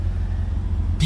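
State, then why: Not seated. During a trial fit on a Toyota Probox, the rear seat section is pushed into place, but its latch fails to engage the new body striker because the angle is slightly off and it hits something. A steady low rumble runs throughout, with a brief high-frequency rush at about 1.0 s. Nothing seats or clicks.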